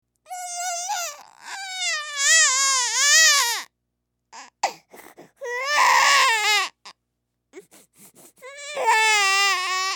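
Three long, high-pitched wailing cries from a baby, each sliding in pitch, separated by short catching inhalations and sobbing gasps. Ordinary sustained infant crying, a sound effect.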